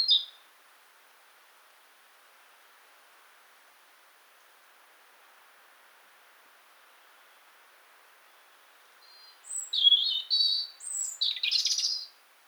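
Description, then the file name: European robin giving a brief note at the start, then a long silence before a three-second burst of high, sweet, tumbling warbles near the end. "Erithacus rubecula"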